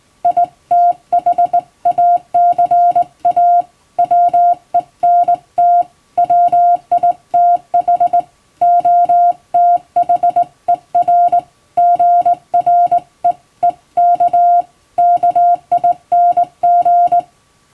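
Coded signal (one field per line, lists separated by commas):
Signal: Morse code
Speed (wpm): 19 wpm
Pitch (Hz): 700 Hz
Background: music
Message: ITHACA WENT WITH OTHER GREEK KING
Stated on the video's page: Hand-sent Morse from an English-language telegram practice book, by a former first-class radiotelegraph operator, for practice.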